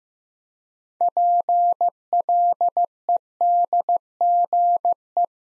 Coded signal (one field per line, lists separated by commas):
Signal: Morse code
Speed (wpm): 15 wpm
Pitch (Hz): 700 Hz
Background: none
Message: PLEDGE